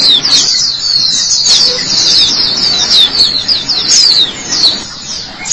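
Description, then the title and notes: White-eye song with quick high descending chirps strung together. "Suara kicauan burung pleci"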